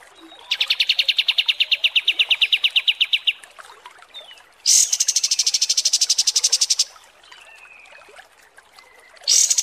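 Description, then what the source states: Kapas tembak song: two long bursts of rapid repeated notes, the first steady, the second louder, with another burst starting at the end. Masteran song used for training birds; 'mewah' (luxurious) kapas tembak.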